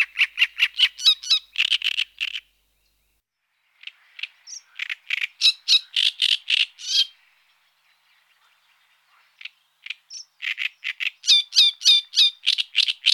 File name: Rousserolle turdoide